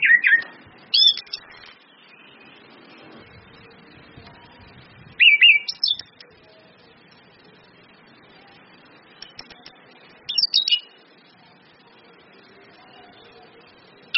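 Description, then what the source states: Orange-headed thrush, brief bursts of high chirping whistles every few seconds against a soft background hiss. Indonesian bird-training lure recording (pancingan, masteran) of ngeplong-style song plus female whistles (suitan betina), meant to make birds sing actively (gacor).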